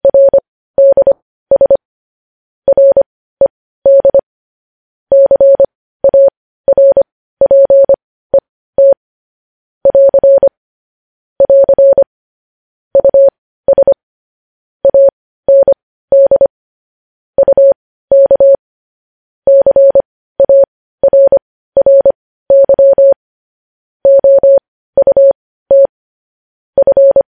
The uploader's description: Morse code